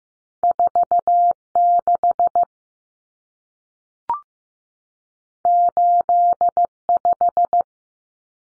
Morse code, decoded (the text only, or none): 46 85